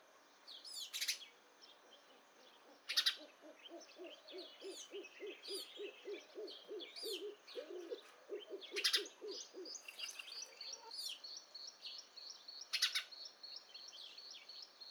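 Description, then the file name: House sparrow chirps, loud harsh notes at irregular intervals over a chorus of other birds' sweeping calls and a low, rapid series of soft pulsing notes. "Passer domesticus"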